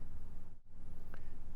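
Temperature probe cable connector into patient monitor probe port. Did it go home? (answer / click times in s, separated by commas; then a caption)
yes / 1.1 s. A temperature probe cable connector is inserted into the probe port on a patient monitor, and its spring tab is pulled to the right with a finger. Over a steady low background hum, a single sharp, short click sounds at 1.1 s as the connector seats.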